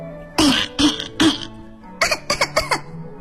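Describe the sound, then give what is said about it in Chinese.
A fit of harsh coughing from choking on thick smoke: three loud, separate coughs, then a quicker run of four or five shorter, choking coughs, with no talking. “正在驾驶消防车的大白鹅和拿着消防水管在消防车旁边的小石头被浓烟呛得直咳嗽。”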